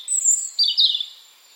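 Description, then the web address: European robin song fragment: a thin high whistle followed by a quick descending warbled flourish, lasting about a second. "Deverinetal 2025 File origin Bird Only Er Ru"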